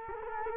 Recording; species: mosquito wingbeat signal from an infrared sensor; Culex quinquefasciatus